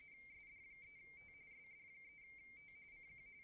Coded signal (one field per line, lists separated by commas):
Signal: RTTY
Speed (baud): 45.45 baud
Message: SD3T SD3T CQ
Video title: Mad Cave - Radio - CQ WPX RTTY contest - 2024